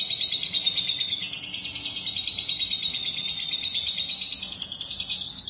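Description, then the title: Lovebird chattering song: a continuous, dense, high twittering that pulses rapidly, with brief higher notes at times. "BM Suara Burung Lovebird"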